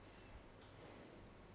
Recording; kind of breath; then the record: one breath in and out by a microphone near the nose and mouth; normal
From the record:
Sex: male